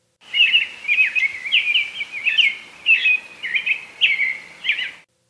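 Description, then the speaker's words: American robin singing a series of short phrases, several in a row with small gaps between them. "This is what an American robin song sounds like."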